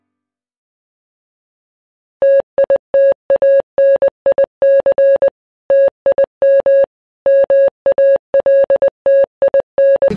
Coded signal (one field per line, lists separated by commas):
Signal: Morse code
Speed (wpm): 20 wpm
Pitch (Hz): 550 Hz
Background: none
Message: TITANIC TIM MALTIN